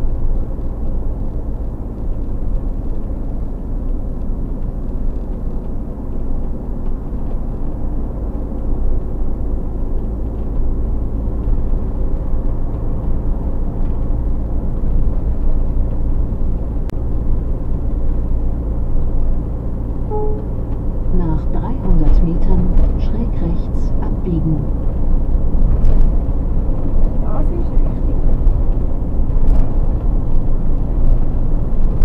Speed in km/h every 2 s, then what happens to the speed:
57, 55, 55, 53, 53, 55, 57, 59, 59, 59, 59, 59, 59, 59, 59, 61.
0-8 steady at about 55. 8-13 speeds up to 59. 13-32 steady at about 59.